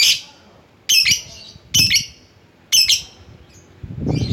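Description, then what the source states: Lovebird calls: four harsh, high chattering bursts about a second apart, followed by a low rumble at the end. Lovebird calling to a rival.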